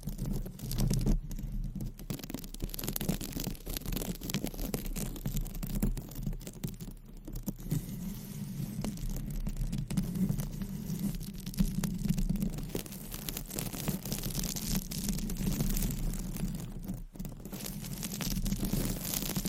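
Gentle tapping and scratching runs without pause for the whole stretch, a dense patter of small, quick strokes. The level stays fairly even, with a soft low hum underneath and a few brief dips in activity near two, seven and seventeen seconds.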